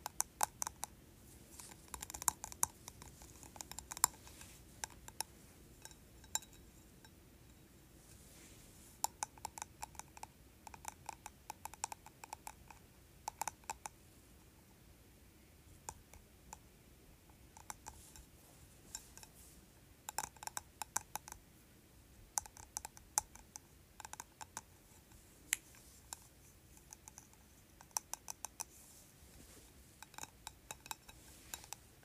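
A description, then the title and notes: Fingernails tap on a candle in quick, irregular bursts of sharp clicks, with clusters around the start, the middle and near the end. Between the bursts come short pauses where only a faint low hiss remains. The taps are light and bright, sounding almost like typing. ASMR Tapping Candle.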